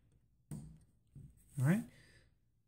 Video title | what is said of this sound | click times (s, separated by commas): Piston First Stage Disassembly and Reassembly | taking a little clamp place it down in there until I hear it click alright | 0.5 s